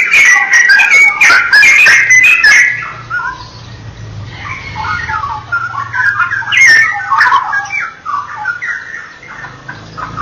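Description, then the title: Oriental magpie-robin delivering loud, fast, varied song with harsh and whistled notes mixed together, continuing without a break against a faint low hum. "Kicau Kacer"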